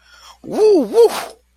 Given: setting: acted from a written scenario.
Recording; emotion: vocal sound without words; triumph